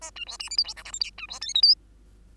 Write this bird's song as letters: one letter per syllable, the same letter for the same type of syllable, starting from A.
A B C D E F G H I J K B C L M N